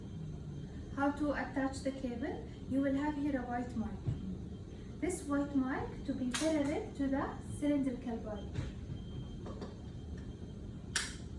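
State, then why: Seated. Someone talks while a patient cable connector, its white mark lined up parallel to the cylindrical body, is pushed into the cable port of a new Philips defibrillator. A sharp click is heard at 11.0 s as the connector seats.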